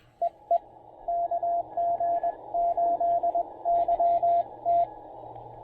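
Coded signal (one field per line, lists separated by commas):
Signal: Morse code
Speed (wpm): 18 wpm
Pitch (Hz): 700 Hz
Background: radio noise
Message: EE KG8YT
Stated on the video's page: POTA QRP activation on 20 meters working DX, using Penntek TR-45L and PackTenna Mini end-fed half-wave antenna.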